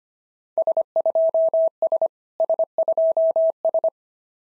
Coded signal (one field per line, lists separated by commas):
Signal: Morse code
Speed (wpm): 25 wpm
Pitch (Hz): 650 Hz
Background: none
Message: S2S S2S